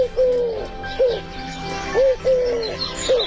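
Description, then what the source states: Eurasian Collared Dove cooing: soft phrases of three notes, a short note, a longer held note, then another short note, given twice, with faint background noise. Call 'coo-coo-coo', second note heavier, repeated many times; lives near farmland and villages, perching on houses, poles and wires; gregarious and tame.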